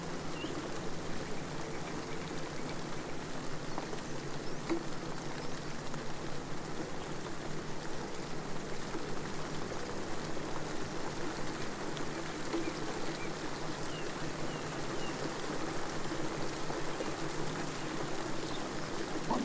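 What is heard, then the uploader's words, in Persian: Rain and a fire make a steady, dense wash of sound that holds at an even level for the whole stretch. The hiss sits in the low and middle range, with faint small ticks and pops scattered through it and no clear breaks or changes. مدیتیشن به روش ASMR: باران و آتش.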